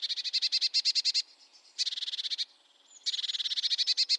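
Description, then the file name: Eurasian blue tit giving harsh, rapid churring calls in three bursts of fast, evenly spaced notes, with short quiet pauses between. "Cyanistes caeruleus"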